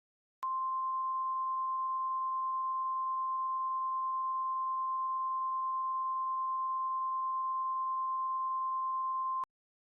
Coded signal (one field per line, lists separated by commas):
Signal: Emergency Alert System (SAME) tones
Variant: 1050 Hz attention tone